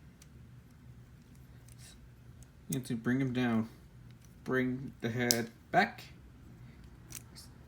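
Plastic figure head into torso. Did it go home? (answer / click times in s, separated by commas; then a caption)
yes / 7.2 s. During transformation of a Transformers Studio Series Core Arcee plastic action figure, the head is folded back into the torso while someone talks. A few faint ticks come early on, then a single sharp, loud click at 7.2 s as the head snaps into place.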